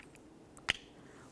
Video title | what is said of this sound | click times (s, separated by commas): How to Replace Front Window Regulator 2004-2015 Nissan Titan | listen for a click | 0.7 s